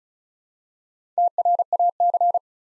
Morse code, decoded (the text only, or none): TRAC